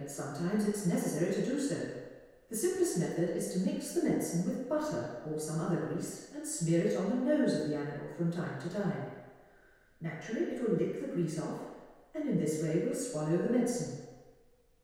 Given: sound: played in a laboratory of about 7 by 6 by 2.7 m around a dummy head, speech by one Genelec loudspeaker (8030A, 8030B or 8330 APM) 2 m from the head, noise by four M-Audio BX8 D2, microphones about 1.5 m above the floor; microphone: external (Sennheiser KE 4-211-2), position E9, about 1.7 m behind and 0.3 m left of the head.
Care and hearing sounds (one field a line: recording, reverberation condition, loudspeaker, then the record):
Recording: female speech in English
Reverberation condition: high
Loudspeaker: in front (0 degrees)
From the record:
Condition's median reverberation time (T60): about 1300 ms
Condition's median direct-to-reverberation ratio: about -4.0 dB